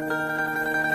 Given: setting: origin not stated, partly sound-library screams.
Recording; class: one-second piece from a danger detection set; normal situation